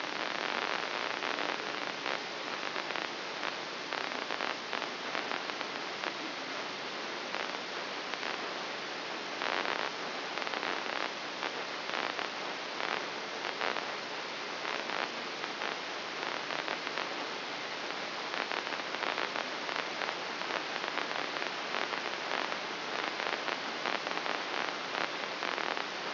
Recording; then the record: brain microelectrode recording played as sound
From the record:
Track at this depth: inside the subthalamic nucleus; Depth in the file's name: 5.506 mm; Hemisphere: left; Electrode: 3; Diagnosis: Parkinson's disease